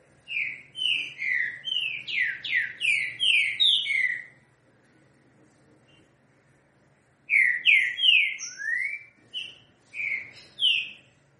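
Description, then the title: Green-winged saltator song: loud, slurred whistled notes, many descending, in quick series, a pause of about three seconds, then another phrase that includes a rising whistle. Song in the style called 'três notas com boi' (three notes with boi). "Canto De Trinca Ferro. TRINCA=FERRO 3 NOTAS COM BOI"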